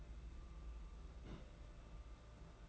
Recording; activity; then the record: daily activity, microphone in the room; place on stove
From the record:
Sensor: 3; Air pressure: 992.0 hPa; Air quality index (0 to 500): 228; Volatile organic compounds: 1000 ppm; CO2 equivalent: 7837 ppm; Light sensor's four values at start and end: 25/74/30/25 and 25/74/30/25